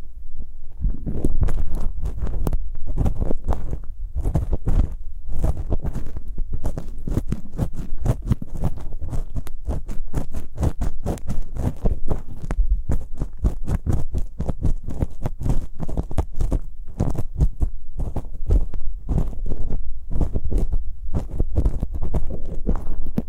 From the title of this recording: ear picking, immersive, multiple props